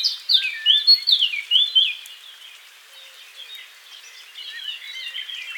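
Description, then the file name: Eurasian blackcap song opens with several loud, clear, fluty notes, then settles into softer continuous warbling. "Sylvia atricapilla"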